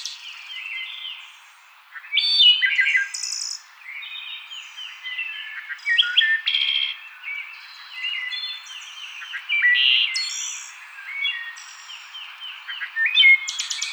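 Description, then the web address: Wood thrush delivering a string of fluty song phrases mixed with shimmering high trills, louder bursts returning every few seconds. Recorded 6 May 2007. "Wood Thrush 2007 05 06"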